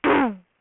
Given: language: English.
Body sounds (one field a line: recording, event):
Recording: throat vibration sensor signal played as sound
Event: throat clearing